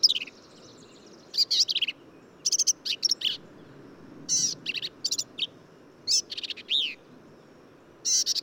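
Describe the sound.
Black-capped Vireo delivering harsh, stuttering phrases and twisting slurred whistles, a new phrase every second or so, over steady faint hiss.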